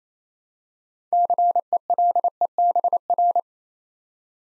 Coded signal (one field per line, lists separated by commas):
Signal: Morse code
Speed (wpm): 27 wpm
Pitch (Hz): 700 Hz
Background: none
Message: CELEBR